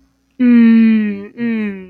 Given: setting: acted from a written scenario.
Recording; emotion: vocal sound without words; desire